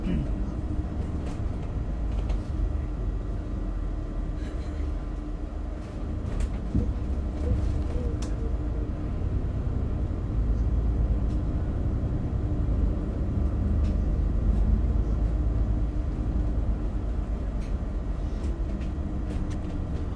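A steady vehicle ride, likely on the bus or metro, with a thick low rumble and hum filling the whole stretch at an even level. Faint clicks and brief rattles pop up every few seconds, and a soft murmur of voices sits underneath.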